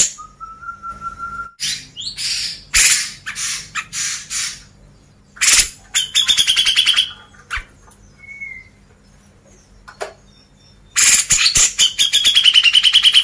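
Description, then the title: Grey-cheeked bulbul song: opens with a steady whistled note, then loud rasping bursts and fast trills of repeated notes, plus a brief whistle near the middle. Masteran recording used to train cage birds. "MASTERAN CUCAK JENGGOT"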